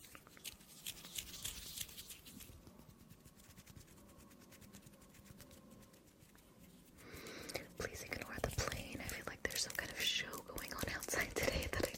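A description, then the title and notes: Fingernails tap in quick, dense clicks through the first seven seconds, crisp, with a faint steady hum behind them. Around seven seconds the sound shifts to a louder, busier fluttering rustle of fingers that continues, uneven and bright, to the end. ASMR Nail Tapping and Finger Fluttering.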